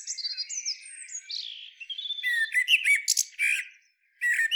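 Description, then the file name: Common blackbird song: soft, mellow warbled phrases lead into loud, scratchy, squeaky twittering, a brief pause, then more twitter. "Turdus merula"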